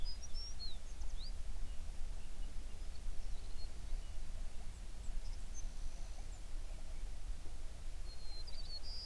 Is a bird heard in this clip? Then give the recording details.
yes. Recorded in the Prudhoe Bay oil fields, Alaska, on 11 June 2019 at 05:18. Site 21